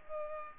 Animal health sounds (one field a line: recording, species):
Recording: mosquito wingbeat signal from an infrared sensor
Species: Culex pipiens